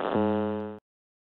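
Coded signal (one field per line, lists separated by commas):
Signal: channel marker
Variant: UVB-76 (The Buzzer)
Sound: a single harsh, low, buzzing tone lasting under a second, then silence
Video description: "The Buzzer" is a Russian military radiostation that broadcasts on 4625 kHz.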